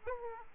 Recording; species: mosquito wingbeat signal from an infrared sensor; Aedes aegypti